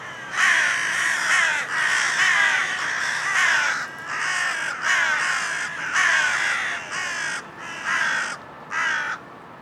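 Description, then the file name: Carrion crow cawing: harsh, hoarse caws repeated with short pauses between them. "Corvus corone"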